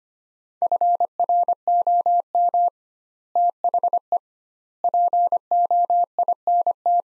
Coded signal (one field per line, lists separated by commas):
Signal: Morse code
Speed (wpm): 25 wpm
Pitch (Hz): 700 Hz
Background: none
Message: FROM THE POINT